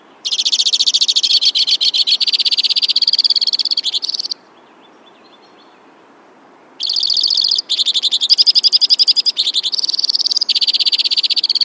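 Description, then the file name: White-winged crossbill song of rattling, high trills that changes tempo, falls silent for a few seconds, then resumes with varied trills. "suara-kicauan-burung-white-winged-crossbill 3-omkicau"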